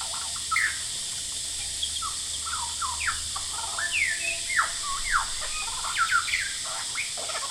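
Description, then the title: Lyrebird singing a rich run of whistles and sharp sweeps, with a dense buzzing cicada chorus throughout. Male, Horsfield Bay, New South Wales, Australia, 23 January 2017, singing vigorously outside a window, with loud cicadas calling; noise reduction applied. "Lyrebird - Horsfield Bay NSW, Jan 23 2017"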